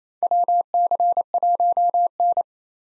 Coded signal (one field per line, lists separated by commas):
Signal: Morse code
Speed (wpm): 28 wpm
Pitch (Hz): 700 Hz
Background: none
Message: WC1N